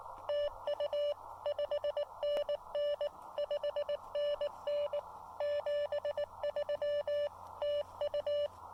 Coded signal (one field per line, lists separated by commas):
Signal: Morse code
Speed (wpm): 19 wpm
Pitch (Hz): 590 Hz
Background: none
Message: TU 5NN 5NN 73 TU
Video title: Activating Elk Knob State Park for SOTA, POTA, and WWFF with 5 watts and the CHA MPAS 2.0